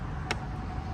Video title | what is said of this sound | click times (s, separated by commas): POPOSOAP 20W Solar Water Fountain Pump Set-up | And you'll hear a little snap. | 0.3 s